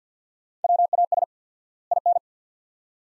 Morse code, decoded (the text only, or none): WAS IN